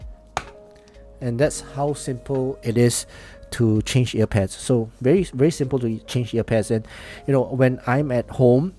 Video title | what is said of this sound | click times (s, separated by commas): Edifier S3 Planar Magnetic Headphones - Review | there you go hear that click just press there you go | 0.4 s